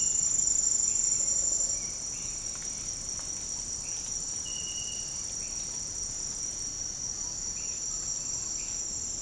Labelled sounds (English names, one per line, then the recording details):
none
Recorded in secondary vegetation near Puerto Asís, Putumayo, Colombia, on 8 March 2025 at 08:00
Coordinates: 0.502, -76.326
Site G100